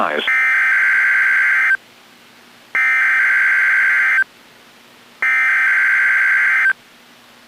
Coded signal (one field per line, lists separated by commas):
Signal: Emergency Alert System (SAME) tones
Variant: header bursts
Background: speech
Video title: NOAA Weather Radio - Weekly EAS Test - 7/12/17